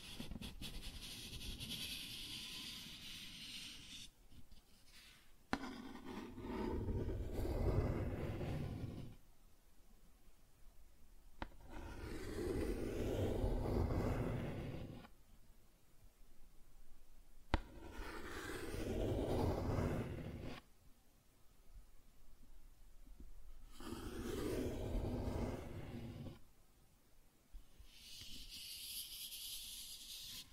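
Cardboard scratching and tracing in repeated passes, each a rough, scraping rush lasting a few seconds, swelling and fading, heavy in the low and middle range. Between passes come brighter hissing stretches and short quiet gaps, with sharp ticks near 5, 11 and 17 seconds.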